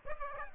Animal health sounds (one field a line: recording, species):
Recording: mosquito wingbeat signal from an infrared sensor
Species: Aedes aegypti